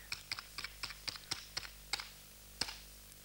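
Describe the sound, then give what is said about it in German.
Quick, irregular keystrokes clatter on a computer keyboard as someone types a web search, about a dozen crisp clicks with short pauses between bursts, over a faint steady hum and no voices. “Danke, dürfen wir mal googeln.”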